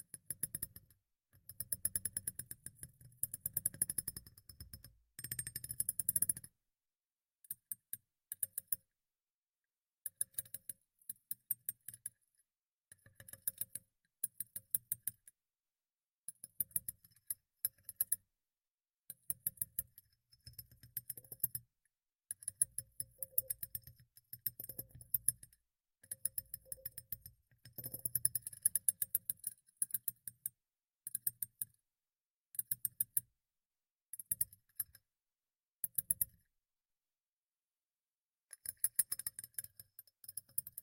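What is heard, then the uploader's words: Irregular bursts of soft tapping and light clicking, with crisp ticks and some low thumps, separated by short silent gaps throughout. ASMR Tapping in Your Ear (No Talking).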